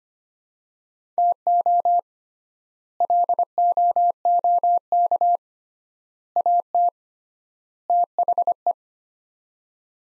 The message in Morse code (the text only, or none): TO LOOK AT THE